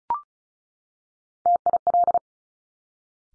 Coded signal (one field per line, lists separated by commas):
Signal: Morse code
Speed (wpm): 36 wpm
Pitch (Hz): 700 Hz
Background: none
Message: TIL